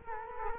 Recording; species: mosquito wingbeat signal from an infrared sensor; Culex quinquefasciatus